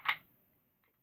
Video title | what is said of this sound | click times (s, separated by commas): WE 226 GBB Pistol Review | nice positive click in place and it's | 0.1 s